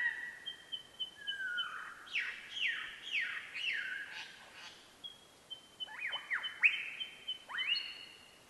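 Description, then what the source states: Superb Lyrebird mimicry song: whistled notes, rapid falling whip-like sweeps and a long thin high tone, constantly changing phrases against faint hiss. Flute lyrebird mimicking songs of other forest bird species plus two flute phrases; Enfield State Forest, Victoria, Australia; 6:53 a.m., 16 June 2013.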